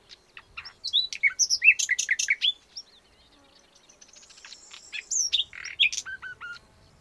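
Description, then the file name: Common nightingale song, a dense run of varied whistled notes and quick sweeps, then softer twittering and a short series of repeated clear notes. "Luscinia megarhynchos"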